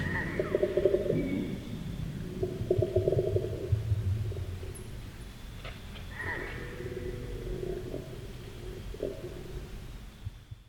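Koala bellowing: deep, rasping, snore-like grunts in pulsed bursts, pausing and resuming several times, with a few sharper higher notes between phrases.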